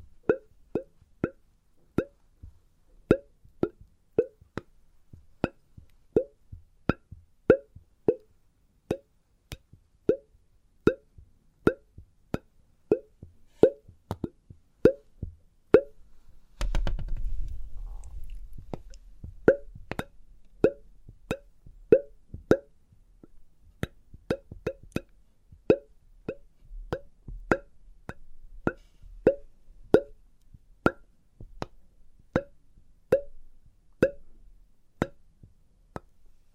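Experimental triggers with test tubes: a steady run of short, hollow plops and taps with a ringing glassy pitch, coming every half second or so. Around seventeen seconds a low rumbling rush rises and fades over several seconds, then the regular tapping continues.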